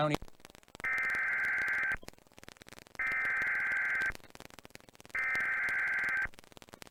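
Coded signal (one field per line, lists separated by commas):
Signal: Emergency Alert System (SAME) tones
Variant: header bursts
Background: speech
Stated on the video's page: Compilation of EAS alerts by year, 1997 to 2010, including required weekly and monthly tests and weather and child abduction warnings.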